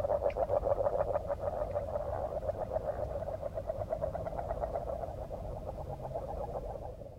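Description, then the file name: Agile frog calling with a long, rapid series of soft, low knocking notes, several per second, steady at first and slowly fading toward the end. "grenouille agile"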